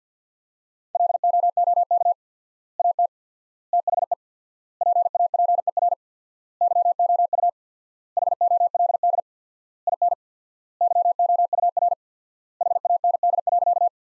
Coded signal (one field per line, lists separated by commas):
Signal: Morse code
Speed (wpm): 50 wpm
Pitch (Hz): 700 Hz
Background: none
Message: LOOK AT THE PAPER YOU HOLD IN YOUR HAND.